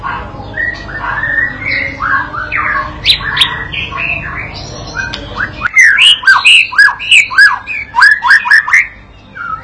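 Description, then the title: White-rumped shama song: scratchy, rasping phrases at first, then a quick run of sharp, repeated chip-like notes. Lure training sound (masteran) for teaching a young bird to sing continuously, meant to provoke it to answer straight away. "MURAI BATU PAUD BELAJAR GACOR, AJARI DENGAN MASTERAN PANCINGAN INI"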